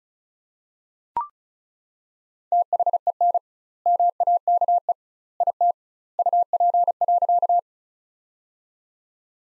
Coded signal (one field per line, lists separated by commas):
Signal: Morse code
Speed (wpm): 36 wpm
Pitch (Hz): 700 Hz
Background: none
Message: THEN MAKE IT UP.